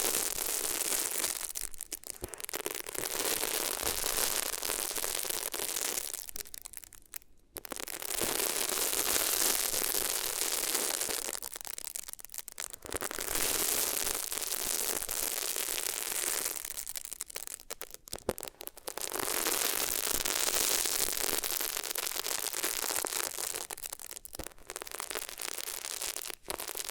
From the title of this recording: Rubbing Your Ears on Different Materials